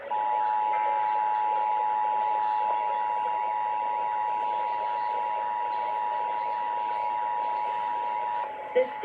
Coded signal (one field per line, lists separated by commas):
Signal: Emergency Alert System (SAME) tones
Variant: 853 and 960 Hz attention tone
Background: speech